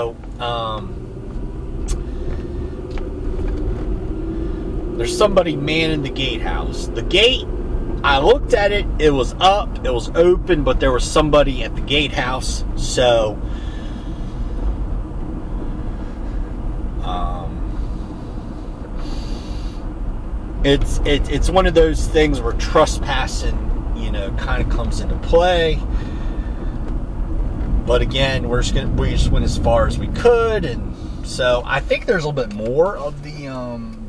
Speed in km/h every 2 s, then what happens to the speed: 21, 27, 39, 45, 47, 50, 48, 48, 52, 52, 53, 56, 56, 45, 37, 29, 18.
0-23 speeds up to 56. 23-34 brakes to 18.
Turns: none.